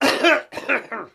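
Two rough, throaty cough bursts in quick succession from an 80-year-old man, the second trailing off.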